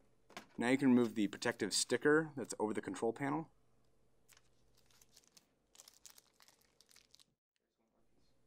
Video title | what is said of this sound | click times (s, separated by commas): Unboxing and Setting Up the HP Envy 5530 e-All-in-One Printer - HP | Slide in the input tray until it clicks into place. | 0.4 s